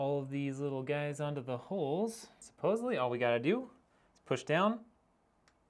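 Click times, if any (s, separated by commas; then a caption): 5.5 s. Someone talks while a plastic push pin of an Intel RM1 stock CPU cooler is lined up and pressed down into a motherboard mounting hole. A short, faint tick is heard at 5.5 s as the pin clicks in and seats.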